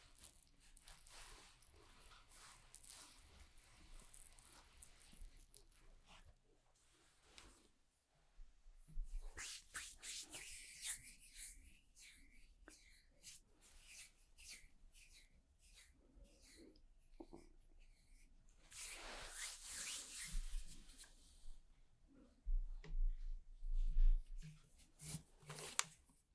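A haircut and shave session: the first eight seconds are quiet apart from a faint steady hum. Short bursts of bright scraping and rubbing follow, thickest around 10 and 19 seconds, with a few louder low bumps near the end.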